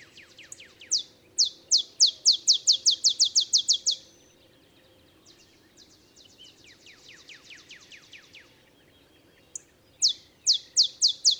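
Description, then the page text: Olive sparrow repeating its accelerating chip song, a fainter similar series following, then another song beginning at the end. Simple songs like a field sparrow's bouncing-ball song, early morning, Texas, 50 miles north of the Mexican border. "Birdsong for the Curious Naturalist. Olive sparrow"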